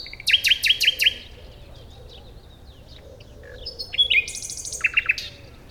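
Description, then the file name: Common nightingale song opening with five loud repeated notes, a quiet gap, then a phrase of sharp chirps ending in another quick run of repeated notes. "Luscinia megarhynchos"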